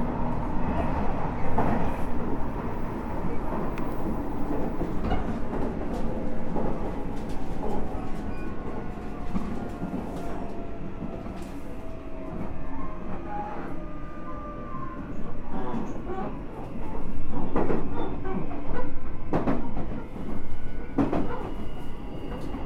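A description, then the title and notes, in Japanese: A Nishitetsu 9000 series electric train runs along on an express service, with a steady low rumble and whining motor tones that slide up and down in pitch. Sharp clacks of wheels over rail joints punctuate the ride, growing louder and busier after about seventeen seconds. 西日本鉄道 9000系電車の走行音です。天神大牟田線の急行電車で録音しました。薬院から二日市まで（前編 春日原まで）。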